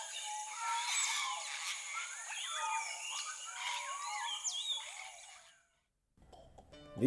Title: African Grey Parrot